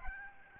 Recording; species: mosquito wingbeat signal from an infrared sensor; Aedes albopictus